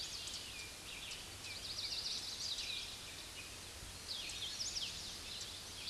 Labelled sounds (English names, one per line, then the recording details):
Hooded Warbler song
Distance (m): 45 m
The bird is about 10 m above the microphone
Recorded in a Pennsylvania forest on 16 May 2024 at 06:36
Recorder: AudioMoth, point MSD-0690
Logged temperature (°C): 16.0 °C
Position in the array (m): 164 m, 137 m